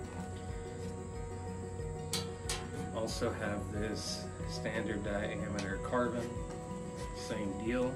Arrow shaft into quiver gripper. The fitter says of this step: very positive snap if you can hear that